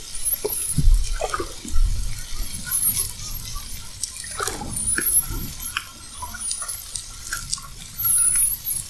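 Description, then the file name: Spinner dolphin whistles, several rising and falling high tones, some overlapping, over clicks and deep underwater rumble. Whistles at Fernando de Noronha. "Sons rotadores FN assovios"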